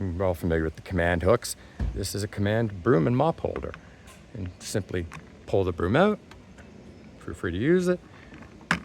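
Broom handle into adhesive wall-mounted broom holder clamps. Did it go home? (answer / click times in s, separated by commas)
yes / 8.7 s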